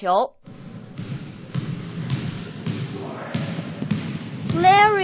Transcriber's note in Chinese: Sound of dribbling basketball